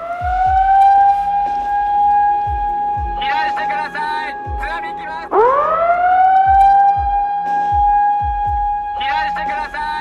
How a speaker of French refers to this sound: Cette sirène, tous les Japonais la connaissent. 3 minutes après le tremblement de terre, l'alerte au raz-de-marée lancée. Les 670 km de la côte pacifique sont concernés.